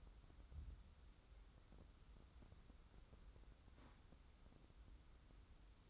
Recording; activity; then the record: daily activity, microphone in the room; wipe stove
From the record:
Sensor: 3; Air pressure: 994.4 hPa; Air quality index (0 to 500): 210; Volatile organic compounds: 1000 ppm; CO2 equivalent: 7001 ppm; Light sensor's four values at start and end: 197/474/199/197 and 197/473/199/197